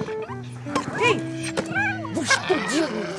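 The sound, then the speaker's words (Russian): A dog being buried in sand by children in a yard whimpers in rising and falling high-pitched whines, broken by a couple of short, sharp barks, with a low steady hum underneath. “Бабушка подбегает к ребятам, которые закапывают ее собаку в песок.”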